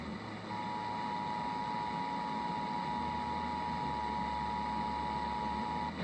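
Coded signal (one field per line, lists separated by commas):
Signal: Emergency Alert System (SAME) tones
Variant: 853 and 960 Hz attention tone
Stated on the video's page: Iowa Required Monthly Tests relayed to Iowa radio and TV stations after originating from an AM station; one relay failed.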